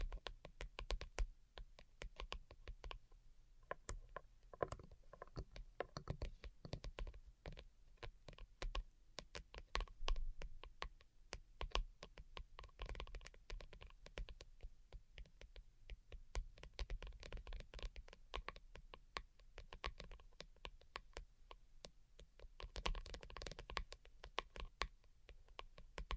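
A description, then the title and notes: Delicate tapping runs through the whole stretch: quick, dry clicks in dense, irregular bursts, like fingertips on a hard surface or keys. The taps are crisp and bright, with soft, low handling noises underneath. ASMR DELICATE Tapping for Sleep (No Talking).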